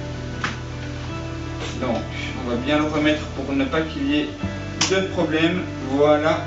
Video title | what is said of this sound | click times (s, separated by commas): REMORQUE POUR CHIEN TRIXIE - Découverte et Unboxing | voilà vous avez entendu clip j'imagine | 0.4 s